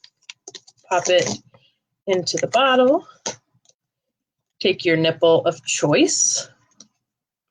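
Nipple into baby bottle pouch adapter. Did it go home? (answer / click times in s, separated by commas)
yes / 6.8 s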